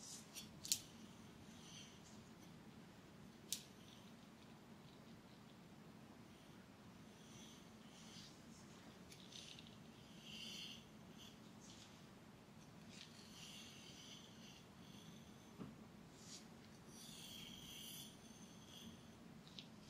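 Hair play and scratching make soft, crackly rustles in uneven bursts over a steady low hum, with a couple of sharp clicks early on.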